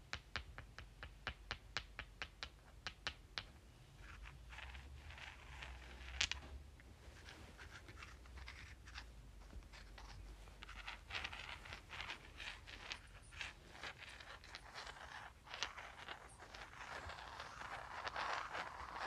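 Rocks are clicked together in a quick, regular series of sharp knocks for the first few seconds, then one louder strike around six seconds. After that they are rubbed, giving a gritty, uneven scraping with scattered clicks over a low, steady rumble.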